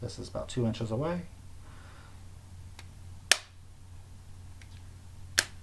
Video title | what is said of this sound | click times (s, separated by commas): Mounjaro Week 15 Results and side effect | You hear that second click, that means the needle has retracted and it's done. | 3.3 s, 5.4 s